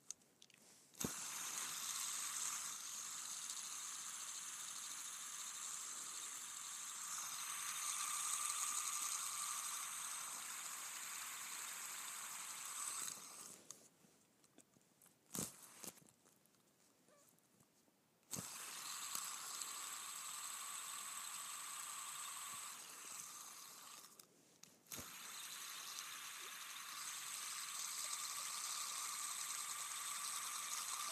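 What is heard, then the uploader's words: A fidget spinner whirs steadily, a bright, dense buzzing hum with a fine rattling edge that stays level for long stretches. The spin drops out around 13 seconds and again near 24 seconds, with sharp clicks at about 1, 15, 18 and 25 seconds as it is flicked or stopped. ASMR Spinning a Fidget Spinner.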